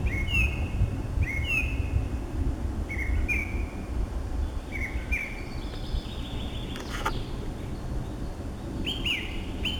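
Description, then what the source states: Song thrush song with short whistled notes repeated in pairs, against a constant low hum and a brief sharp click. Recorded 23 April 2015.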